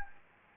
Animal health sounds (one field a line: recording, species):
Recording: mosquito wingbeat signal from an infrared sensor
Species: Anopheles gambiae